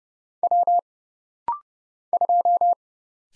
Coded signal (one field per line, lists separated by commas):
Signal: Morse code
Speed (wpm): 31 wpm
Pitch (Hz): 700 Hz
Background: none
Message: W 2